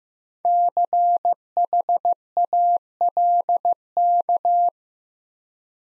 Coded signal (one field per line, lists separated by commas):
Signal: Morse code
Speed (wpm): 15 wpm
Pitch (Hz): 700 Hz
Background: none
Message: CHALK